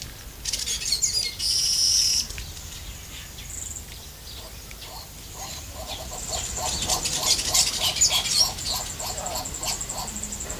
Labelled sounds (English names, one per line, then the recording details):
Laughing Dove
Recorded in captivity
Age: adult
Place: Zoo Berlin, Berlin, DE
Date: 2008-09-05 14:20
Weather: partly cloudy, ca. 23°C
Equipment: Sony WM-D6C, Sennheiser ME 80, Kopie Uher 4000 Report Monitor
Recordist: Tembrock, Günter